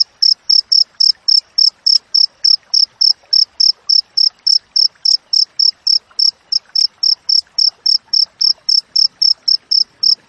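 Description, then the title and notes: Cricket producing a long run of high, pulsed chirps at a steady quick pace, about three to four per second, faint hiss behind. Wild crickets with tightly spaced chirps, used for training songbirds and for repelling rats. "Masteran Jangkrik Alam Jernih, Jeda Rapat Cocok Untuk Masteran Burung Dan Mengusir Tikus. suara jangkrik"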